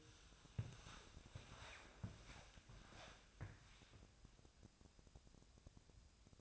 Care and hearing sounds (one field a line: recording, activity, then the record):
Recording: daily activity, microphone in the room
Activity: walk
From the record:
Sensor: 2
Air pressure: 1000.3 hPa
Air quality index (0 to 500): 158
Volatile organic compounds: 3 ppm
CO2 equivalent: 1320 ppm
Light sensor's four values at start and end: 9/19/9/10 and 12/33/13/15